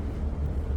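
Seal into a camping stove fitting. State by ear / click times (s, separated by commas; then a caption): not seated / none. A replacement seal is being handled at its seat in a vintage Primus 41 camping stove fitting, with a steady low rumble and no distinct sounds over the 0.8 seconds. Nothing has seated or clicked into place yet; the seal is not yet home, and a pricker has not yet been used to push it in around the corners.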